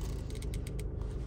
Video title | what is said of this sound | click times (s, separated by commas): Got a new shift knob for my GTI | and when you firmly press it it's like that snaps into place all around | 0.4 s, 0.5 s, 0.7 s, 0.8 s